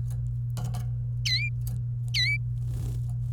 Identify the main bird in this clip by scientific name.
Serinus canaria